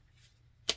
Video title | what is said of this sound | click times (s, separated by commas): Creative Memories Border Maker System (BMS) | and then it just kind of snaps into place. You don't have to apply much pressure at all. | 0.7 s